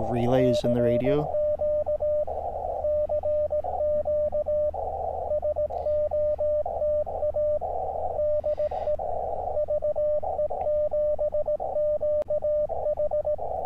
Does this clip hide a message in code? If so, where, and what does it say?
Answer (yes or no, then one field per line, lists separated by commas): yes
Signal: Morse code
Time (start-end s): 0.4-13.4 s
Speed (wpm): 17 wpm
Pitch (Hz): 600 Hz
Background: speech, radio noise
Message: CQ CQ SOTA DE VE7QH